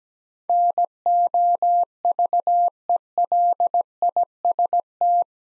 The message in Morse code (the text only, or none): NOVELIST